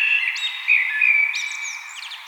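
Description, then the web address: Common blackbird song: rich, low fluted warbling notes run together, with thin high twittering flourishes layered over the phrase. "vogelstimmen amsel gesang nabu lars lachmann"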